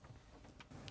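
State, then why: Seated. A black plastic water line retaining clip, positioned with its guides facing out, is pushed up into the ceiling valve housing of a Whirlpool Maytag KitchenAid refrigerator during replacement of the W11495416 ceiling triple water valve. Sharp plastic clicks sound at 0.6 and 0.9 seconds over a low background rumble. The clip snaps into place and is seated.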